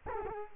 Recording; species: mosquito wingbeat signal from an infrared sensor; Culex quinquefasciatus